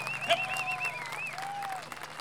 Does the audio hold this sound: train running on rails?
no